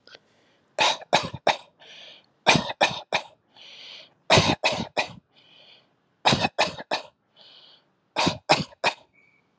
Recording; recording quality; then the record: shallow voluntary cough; excellent, no background noise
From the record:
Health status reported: COVID-19 positive, mild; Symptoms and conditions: cough, cold, sore throat, fever, fatigue, muscle pain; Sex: male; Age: 25 years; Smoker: not ticked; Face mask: not worn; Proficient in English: yes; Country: India